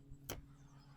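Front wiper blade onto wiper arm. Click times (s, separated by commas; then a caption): 0.3 s. A new Bosch Aero Twin front wiper blade is slid onto the driver-side wiper arm of a 2021 Mazda CX-5 until its adapter latches. A single sharp click sounds at 0.3 s over a low steady hum. The blade is seated on the arm.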